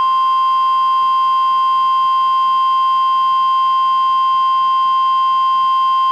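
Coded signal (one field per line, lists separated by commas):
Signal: Emergency Alert System (SAME) tones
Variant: 1050 Hz attention tone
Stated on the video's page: NWR Required Weekly Test issued by NWS Portland, relayed by KEC91 Astoria, recorded from a Reecom R-1630 weather radio via a Zoom H1 recorder.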